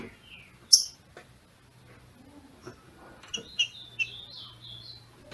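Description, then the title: Green-winged saltator song, a brief run of clear whistled notes near the end following a sharp click and quiet pauses, with a faint low hum beneath. Female singing a male-like song (macheando) to stimulate the male. "FÊ MEA DE TRINCA FERRO MACHEANDO PARA ESQUENTAR O MACHO"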